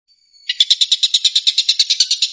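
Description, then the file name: Stork-billed kingfisher opens with a faint thin note, then bursts into a fast, rasping rattle of evenly spaced pulses. Rapid "shooting" call, locally called tembakan. "suara tembakan tengkek buto"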